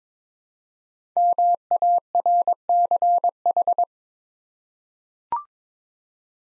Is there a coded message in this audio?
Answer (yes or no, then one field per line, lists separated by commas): yes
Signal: Morse code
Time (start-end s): 1.2-3.8 s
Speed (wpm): 22 wpm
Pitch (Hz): 700 Hz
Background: none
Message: MARCH